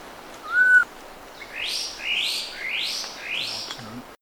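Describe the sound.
Black pitohui calls: a short level whistle, then four buzzy, rising notes, over a steady hiss of background noise.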